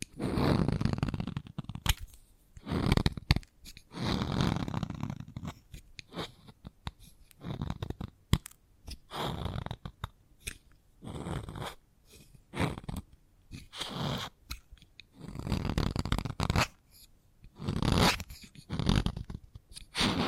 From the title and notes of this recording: ASMR The Best Kind of Chalk Sounds Tapping, Scratching, Carving etc (No Talking).